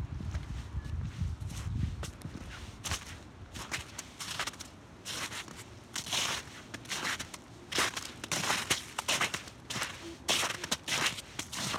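Footsteps crunch through snow and slush in an irregular rhythm, each step a bright gritty burst, with a low rumble early on.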